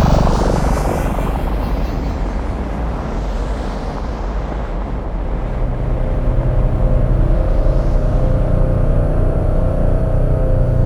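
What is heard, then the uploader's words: A spacecraft engine roars steadily, with a heavy low rumble that never lets up. Early on a bright whoosh sweeps upward, then after about six seconds the sound settles into a thicker, humming drone with faint whistling tones above it. Alien Spacecraft Sound Effects. All these samples were created from hardware synthesizers and field recordings, and have then been twisted to add an inspiring alternate-reality sonic character.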